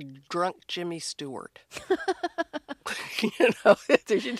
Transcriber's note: laughter